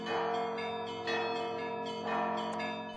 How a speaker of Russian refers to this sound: Звонили достойно в церквах, когда Зваров приблизился к Александровскому саду. Звонкой трелью заливались колокола Благовещенской церкви, торжественно гудел и заглушал малые колокола большой колокол Исаакиевского собора.